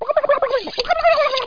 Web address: TOYOTA. TURKEY